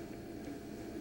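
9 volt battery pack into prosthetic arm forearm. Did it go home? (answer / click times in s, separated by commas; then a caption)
no / none. A 9 volt battery pack on its small adapter is handled at the forearm of a myoelectric prosthetic arm. Only a steady, even hiss and a low hum are heard for about a second, with no sharp sounds. Nothing has seated or clicked yet.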